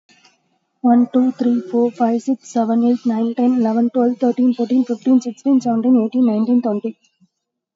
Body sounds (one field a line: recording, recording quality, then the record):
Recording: counting at a fast pace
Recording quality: excellent, no background noise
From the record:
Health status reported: COVID-19 positive, mild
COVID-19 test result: positive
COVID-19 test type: RT-PCR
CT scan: taken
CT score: 8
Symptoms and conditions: cough, sore throat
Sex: female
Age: 30 years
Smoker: no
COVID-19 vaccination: both doses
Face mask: worn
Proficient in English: yes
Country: India